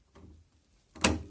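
A vibration damper is slid onto the crankshaft nose of a pre-war Rolls-Royce engine, with faint scraping and sliding sounds around 0.2 s and 1.0 s as the timing gears move. At 1.1 s it strikes the woodruff key with a sharp, loud metallic click, and the damper is seated.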